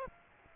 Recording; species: mosquito wingbeat signal from an infrared sensor; Aedes aegypti